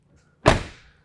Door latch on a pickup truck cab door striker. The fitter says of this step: but you know like another thing like you want to look at doors this is what they're supposed to be like how that shuts that nice click